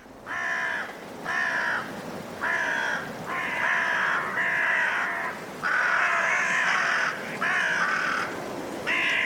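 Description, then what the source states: Carrion crows cawing repeatedly, several hoarse calls in succession over a steady gusty wind. Five birds calling through blustery winds at dusk in a cold woodland, Woodchester Park, Gloucestershire, England.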